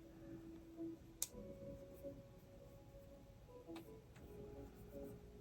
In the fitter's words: this does pop into place.